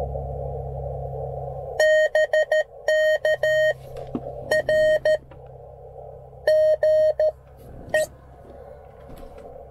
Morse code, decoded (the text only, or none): BK R GE